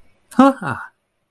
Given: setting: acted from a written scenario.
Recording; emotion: vocal sound without words; positive surprise